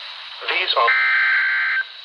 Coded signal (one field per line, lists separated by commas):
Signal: Emergency Alert System (SAME) tones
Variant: header bursts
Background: speech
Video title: (EAS "#908") CAE Severe Thunderstorm Warning w/ RS 12-254 & 12-257 on KHC27 (Rock Hill SC) - 11/8/25